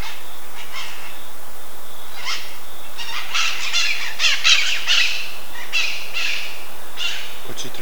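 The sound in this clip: Bird calls, harsh and squawky, given in quick irregular bursts over a steady hiss.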